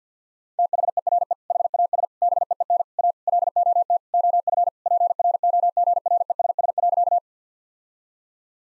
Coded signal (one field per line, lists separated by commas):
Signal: Morse code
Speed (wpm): 50 wpm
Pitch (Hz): 700 Hz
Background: none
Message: THERE HAS BEEN A LOT OF PROGRESS.